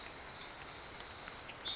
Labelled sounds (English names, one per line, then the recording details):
Pacific Wren
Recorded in Sonoma County, California